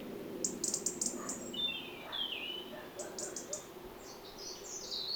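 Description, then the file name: European robin singing a high, descending whistled slur followed by thin trilled notes, with scattered clicks and steady background hiss. "Erithacus rubecula"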